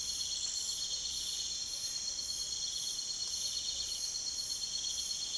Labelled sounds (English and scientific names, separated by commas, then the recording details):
none
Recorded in secondary vegetation near Puerto Asís, Putumayo, Colombia, on 22 June 2025
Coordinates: 0.488, -76.319
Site G094